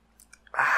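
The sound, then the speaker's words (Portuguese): A few soft wet mouth clicks, then a sudden louder, airy slurping rush as someone sips a drink; no talking. “um golinho aqui”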